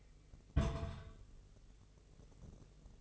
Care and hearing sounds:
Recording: daily activity, microphone in the room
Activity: place on stove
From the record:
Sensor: 4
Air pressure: 996.1 hPa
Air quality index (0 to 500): 71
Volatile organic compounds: 2 ppm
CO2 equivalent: 1314 ppm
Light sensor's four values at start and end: 18/50/19/20 and 18/50/19/20

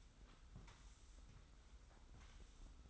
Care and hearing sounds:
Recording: daily activity, microphone in the room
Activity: sweep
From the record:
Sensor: 3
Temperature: 25.5 degrees Celsius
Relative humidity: 43.4%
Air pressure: 990.4 hPa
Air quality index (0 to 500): 196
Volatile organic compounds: 1000 ppm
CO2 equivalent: 6413 ppm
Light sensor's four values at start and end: 41/96/40/38 and 41/96/39/37

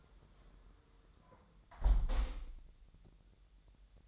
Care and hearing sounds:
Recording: daily activity, microphone in the room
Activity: close window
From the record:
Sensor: 3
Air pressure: 999.9 hPa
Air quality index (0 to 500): 228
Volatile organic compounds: 102 ppm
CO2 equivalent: 3769 ppm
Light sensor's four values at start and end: 10/23/9/9 and 10/22/9/9

